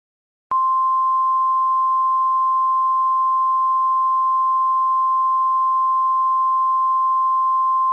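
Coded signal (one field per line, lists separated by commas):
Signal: Emergency Alert System (SAME) tones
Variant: 1050 Hz attention tone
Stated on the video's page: Mock EAS test, not a real alert.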